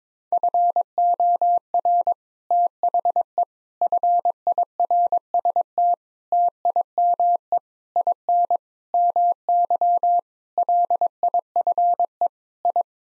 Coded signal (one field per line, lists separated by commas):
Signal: Morse code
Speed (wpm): 22 wpm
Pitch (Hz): 700 Hz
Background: none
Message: FOR THE FIRST TIME IN MY LIFE I